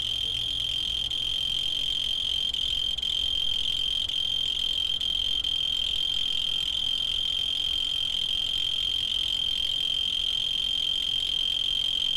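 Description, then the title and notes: Cricket chirring in one long, even, high-pitched trill, with a quiet low hum beneath. Field recordings made in Tavira, Tangier, Lima and Bhubaneswar. "ACA - Grabaciones de campo. Grillo 2. grabaciones hechas en tavira, tangier, lima, bhubanshwar"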